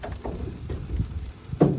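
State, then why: Not seated. On a steam locomotive, the steel reverse lever (Johnson bar) is pushed all the way forward while its latch handle is held in. The clip carries a low rumbling, shuffling handling noise with a small knock at about 1.3 s and a louder burst near 1.6 s. The latch has not clicked into its notched quadrant yet.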